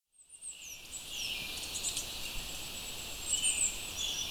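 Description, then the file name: Goldcrest song: very high, thin, sliding notes in short faint phrases, set against a steady insect drone and background hiss. "kikuitadaki"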